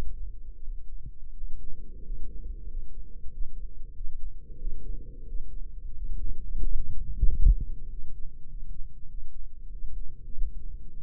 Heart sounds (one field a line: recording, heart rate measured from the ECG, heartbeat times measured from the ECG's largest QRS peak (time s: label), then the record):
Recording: heart sounds by microphone in the left ear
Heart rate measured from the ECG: 93 bpm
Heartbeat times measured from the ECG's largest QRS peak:
0.62 s: heartbeat
1.35 s: heartbeat
2.03 s: heartbeat
2.68 s: heartbeat
3.31 s: heartbeat
3.94 s: heartbeat
4.58 s: heartbeat
5.25 s: heartbeat
5.94 s: heartbeat
6.62 s: heartbeat
7.27 s: heartbeat
7.88 s: heartbeat
8.47 s: heartbeat
9.07 s: heartbeat
9.69 s: heartbeat
10.33 s: heartbeat
10.97 s: heartbeat
From the record:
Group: healthy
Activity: rest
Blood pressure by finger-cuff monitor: 139/93 mmHg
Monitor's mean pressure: 105 mmHg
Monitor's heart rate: 92 bpm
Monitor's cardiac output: 7.2 L/min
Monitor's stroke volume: 79 mL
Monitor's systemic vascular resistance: 1070 dyn s/cm5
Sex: male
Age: 33 years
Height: 179 cm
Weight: 80.4 kg